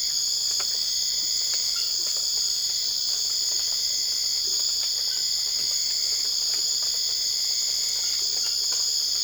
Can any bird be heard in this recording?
no